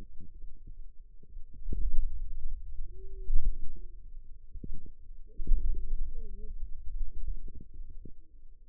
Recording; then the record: forearm muscle sounds (acoustic myography)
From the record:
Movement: pen grasping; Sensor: system 2, bracelet of six BSWA MPA416 microphones around the upper forearm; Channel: 2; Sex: female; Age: 21 years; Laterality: right